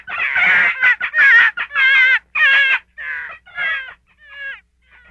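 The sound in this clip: Gray fox calls: loud quavering squeals at first, then softer, shorter yelps fading away toward the end.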